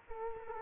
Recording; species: mosquito wingbeat signal from an infrared sensor; Culex quinquefasciatus